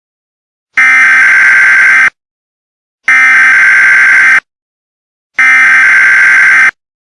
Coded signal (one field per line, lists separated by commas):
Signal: Emergency Alert System (SAME) tones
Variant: header bursts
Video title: Hell (2020) (EAS Scenario)